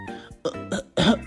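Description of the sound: An adult imitates a cough, voicing a character in a children's story whose throat is swollen and keeps coughing so it cannot talk. Several short coughs.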